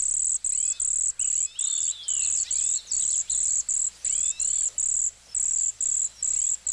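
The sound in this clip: Cedar waxwing calling with thin, high-pitched seee notes in a quick regular series, while softer sliding whistles weave underneath.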